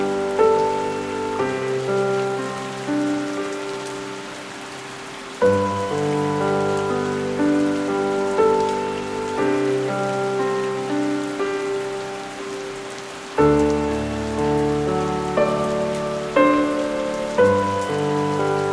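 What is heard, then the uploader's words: Soft piano plays slow, sustained chords, each struck gently and left to ring and fade before the next arrives every few seconds. Beneath the music, a steady, quiet hiss of rain falls throughout, even, never rising above the piano. The gentle rain. Relaxing music and rain featuring soft piano music.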